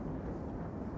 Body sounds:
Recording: background sound without coughing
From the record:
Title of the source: Train Ride Ambience ambient white noise for sleeping, focus, studying, reading

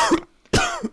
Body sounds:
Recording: coughing mixed with background sound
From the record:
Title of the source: Coughing 51

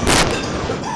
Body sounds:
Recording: coughing mixed with background sound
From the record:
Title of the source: Spring Cold Coughing 2

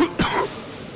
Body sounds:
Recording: coughing mixed with background sound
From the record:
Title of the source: Coughing 46

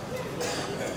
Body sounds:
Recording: coughing mixed with background sound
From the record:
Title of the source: Wet Throat Infection Cough

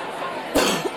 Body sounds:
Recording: coughing mixed with background sound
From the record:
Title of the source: 60 coughing still (deep and wet cough)

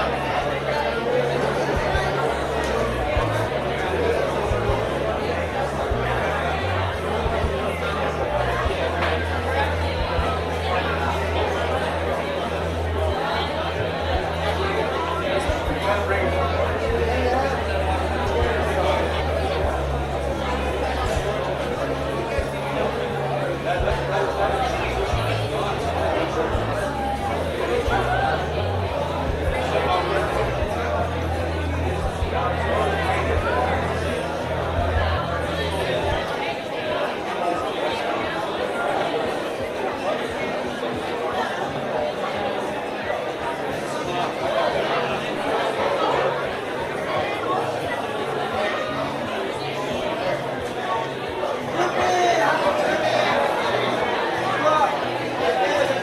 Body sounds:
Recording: background sound without coughing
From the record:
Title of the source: CITY SOUNDS Busy Bar in the Evening Night - 2 HOURS of Ambiance for Relaxation

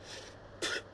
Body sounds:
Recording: coughing mixed with background sound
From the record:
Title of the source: 55 gaggy wet cough

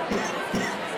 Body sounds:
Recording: coughing mixed with background sound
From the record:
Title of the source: Spring Cold Coughing 3

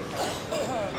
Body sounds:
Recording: coughing mixed with background sound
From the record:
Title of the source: Spring Allergy Coughing

